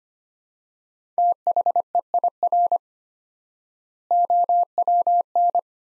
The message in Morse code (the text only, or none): THEIR OWN